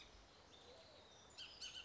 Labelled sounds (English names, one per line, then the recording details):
Bullock's Oriole
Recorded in Sonoma County, California